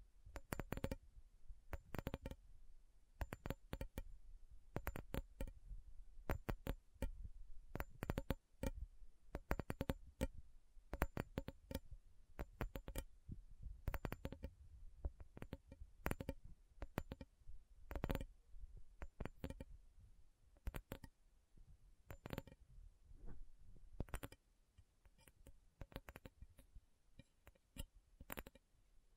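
Metal is tapped in short, sharp strikes, a few each second and somewhat irregular, sometimes in quick pairs or clusters. Each tap rings bright with a faint tone, and the spacing stays similar throughout, with a slightly sparser, quieter stretch near the end.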